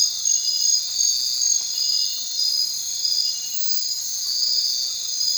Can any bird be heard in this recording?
no